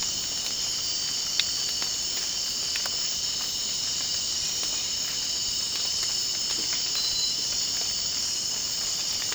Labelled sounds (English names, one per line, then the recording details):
none
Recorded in dense forest near Puerto Asís, Putumayo, Colombia, on 25 June 2025 at 02:30
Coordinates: 0.499, -76.324
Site G100